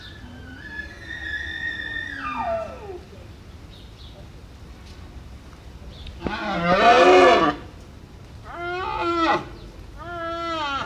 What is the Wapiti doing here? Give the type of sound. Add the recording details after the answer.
rut call. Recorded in captivity. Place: Zoo Moskau, RU. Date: 1970-09-08. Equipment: Uher 4200 Report Stereo, Sennheiser MD 421. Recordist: Tembrock, Günter